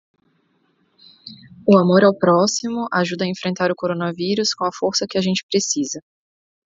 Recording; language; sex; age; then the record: spoken sentence; Brazilian Portuguese; female; 30 to 39 years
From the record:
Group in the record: control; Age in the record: 30 years